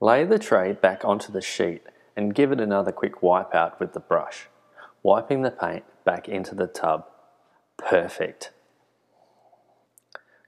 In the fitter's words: the lid of the tub by pushing down hard you'll hear a snap when the lid latches on which